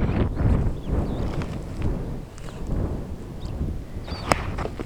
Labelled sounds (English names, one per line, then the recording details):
Superb Starling flight call
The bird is a male
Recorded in Kenya on 21 July 2010
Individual 83, of group SRB1